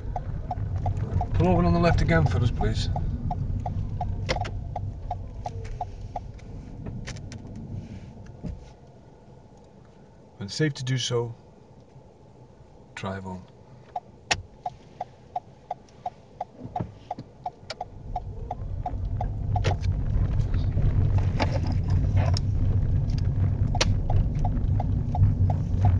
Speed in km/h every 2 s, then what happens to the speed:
13, 5, 3, 0, 0, 0, 0, 0, 6, 15, 16, 16, 15.
0-5 slows to 0. 5-14 standing. 14-20 pulls away to 16. 20-26 steady at about 16.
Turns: none.